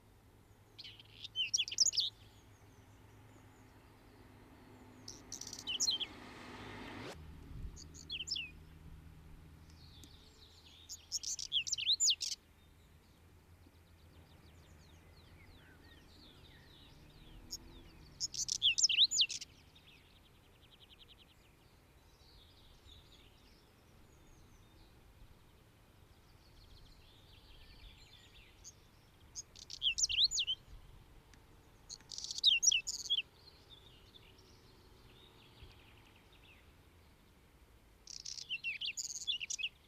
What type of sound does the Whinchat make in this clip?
song